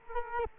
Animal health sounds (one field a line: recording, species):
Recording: mosquito wingbeat signal from an infrared sensor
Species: Culex quinquefasciatus